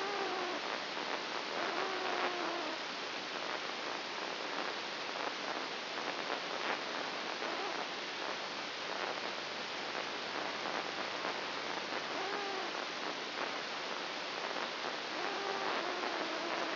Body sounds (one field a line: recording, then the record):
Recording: brain microelectrode recording played as sound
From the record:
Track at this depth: inside the subthalamic nucleus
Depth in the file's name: 3.002 mm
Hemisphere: right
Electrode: 2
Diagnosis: Parkinson's disease